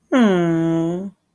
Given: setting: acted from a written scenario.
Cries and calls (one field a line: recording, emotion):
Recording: vocal sound without words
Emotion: adoration